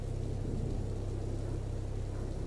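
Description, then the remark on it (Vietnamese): Heavy rain pours down in a steady, unbroken hiss, with a low rolling rumble of thunder underneath. The sound is fairly soft and even throughout, with no voices. “Nhanh lên mày, tranh thủ trời đang mưa lớn, không có ai ra đây giờ này đâu.”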